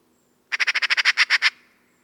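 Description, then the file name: Eurasian magpie giving a single harsh chattering rattle of about ten rapid, dry notes lasting roughly a second, then quiet. "Pica pica"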